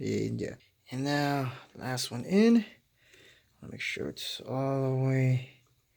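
Someone talks while handling the last spark plug wire boot, about to push it down onto the spark plug in the engine head of a 1997–2000 Honda Civic during an NGK spark plug wire replacement. Nothing has seated or clicked yet; the boot is not yet home when the clip ends.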